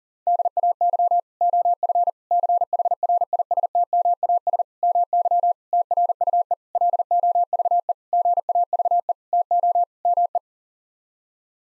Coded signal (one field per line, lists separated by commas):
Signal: Morse code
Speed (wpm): 40 wpm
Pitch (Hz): 700 Hz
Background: none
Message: DAY OF CHRISTMAS MY TRUE LOVE GAVE TO ME